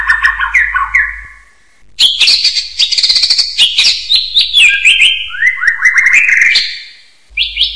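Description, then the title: Bird song, lively and varied, with fast high chirps and sliding whistled notes in long phrases separated by brief pauses. "burung"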